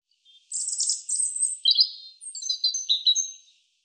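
European robin singing a run of thin, high whistles and sweet trilled notes that shift in pitch, lasting about three seconds against a silent background.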